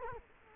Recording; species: mosquito wingbeat signal from an infrared sensor; Culex quinquefasciatus